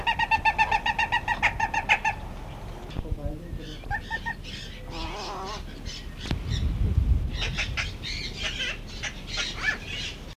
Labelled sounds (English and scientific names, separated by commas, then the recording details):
Western Jackdaw (Coloeus monedula) call
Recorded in captivity
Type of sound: call
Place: Zoo Braunschweig-Stöckheim, Niedersachsen, DE
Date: 1975-08-09
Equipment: Halbspur, 9,5 cm/s
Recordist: Lütgens, Hans
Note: Rufe